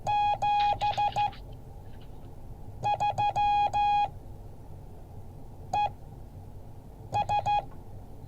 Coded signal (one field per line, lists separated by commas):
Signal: Morse code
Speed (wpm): 15 wpm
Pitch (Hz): 830 Hz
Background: none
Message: 73 ES